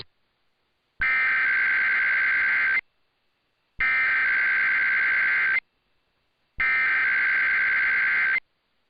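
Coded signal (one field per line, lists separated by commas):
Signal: Emergency Alert System (SAME) tones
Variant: header bursts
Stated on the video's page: Required Monthly Test for the San Francisco Bay Area aired on AM stations KCBS and KGO.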